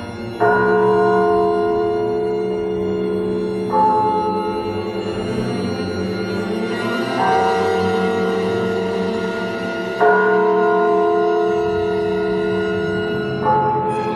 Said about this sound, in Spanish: En esta noche, la noche de cuantos desean vivir las más extraordinarias historias, pronto les llegarán los lúgubres tañidos de unas campanas.